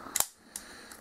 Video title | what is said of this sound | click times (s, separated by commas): Adult Collectors Batman Power Attack: Blast & Battle Batcave Playset Review | clicks right in and | 0.2 s